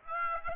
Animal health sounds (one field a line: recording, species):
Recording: mosquito wingbeat signal from an infrared sensor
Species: Aedes aegypti